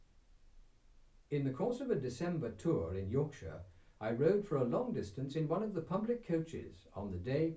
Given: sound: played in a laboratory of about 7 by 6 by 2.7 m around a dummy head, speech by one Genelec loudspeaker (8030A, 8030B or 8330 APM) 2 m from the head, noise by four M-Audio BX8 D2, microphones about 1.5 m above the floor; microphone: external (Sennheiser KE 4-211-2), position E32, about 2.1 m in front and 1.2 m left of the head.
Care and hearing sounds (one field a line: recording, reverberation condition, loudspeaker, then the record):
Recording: male speech in English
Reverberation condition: low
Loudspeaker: 150 degrees to the right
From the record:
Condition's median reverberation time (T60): about 310 ms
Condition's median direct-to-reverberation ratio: about 3.5 dB